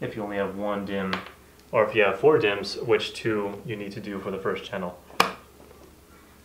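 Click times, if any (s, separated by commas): 5.2 s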